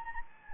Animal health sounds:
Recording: mosquito wingbeat signal from an infrared sensor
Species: Anopheles gambiae

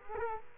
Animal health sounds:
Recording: mosquito wingbeat signal from an infrared sensor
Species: Culex quinquefasciatus

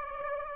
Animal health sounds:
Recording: mosquito wingbeat signal from an infrared sensor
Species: Aedes aegypti

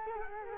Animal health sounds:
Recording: mosquito wingbeat signal from an infrared sensor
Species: Culex quinquefasciatus

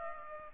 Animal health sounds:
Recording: mosquito wingbeat signal from an infrared sensor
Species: Culex pipiens

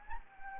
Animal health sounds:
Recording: mosquito wingbeat signal from an infrared sensor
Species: Anopheles gambiae

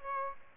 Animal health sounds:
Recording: mosquito wingbeat signal from an infrared sensor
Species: Aedes aegypti

